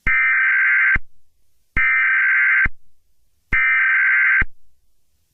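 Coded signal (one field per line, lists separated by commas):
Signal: Emergency Alert System (SAME) tones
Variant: header bursts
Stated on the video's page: Fictional simulated EAS scenario about an alien invasion and a tsunami.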